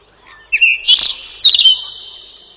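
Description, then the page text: Whinchat song: a brief phrase of high scratchy notes and a sharp whistled flourish, with a ringing tail fading afterwards. Song described as a short twittering trill. "Луговой чекан — Saxicola rubetra"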